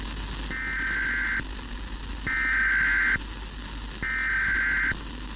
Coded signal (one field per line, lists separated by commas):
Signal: Emergency Alert System (SAME) tones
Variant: header bursts